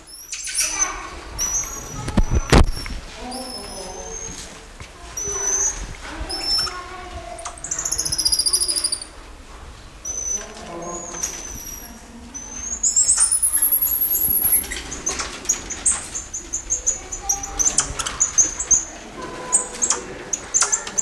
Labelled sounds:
Goeldi's Marmoset

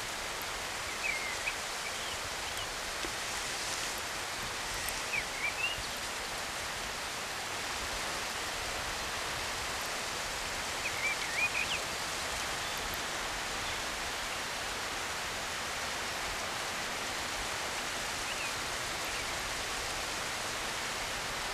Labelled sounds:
Common Blackbird song

